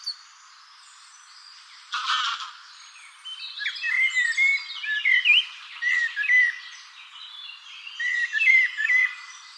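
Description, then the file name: Common blackbird singing: a brief rough burst, then repeated fluty whistled phrases mixed with higher scratchy twitters over about six seconds. "Turdus merula"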